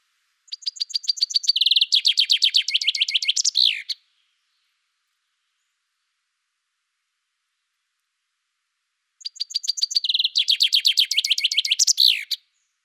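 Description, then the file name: Common chaffinch song: two bright descending phrases about five seconds apart, each starting with thin high notes, accelerating into a rattling trill and ending in a flourish; otherwise quiet. "Fringilla coelebs"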